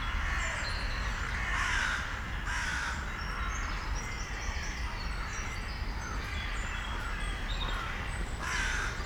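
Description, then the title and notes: Crow cawing, a few rough separated notes near the start and one near the end, above a constant low roar and scattered thin bird notes. Bois de la Cambre, Brussels, Belgium; Lom mikroUsi microphone into a Deity PR-2 recorder. "Bois de la Cambre, Bruxelles, Bruxelles-Capitale, Belgique - corvids, woodpeckers planes and joggers. Corbeaux. corneilles, joggers, pic-épeiche, avions"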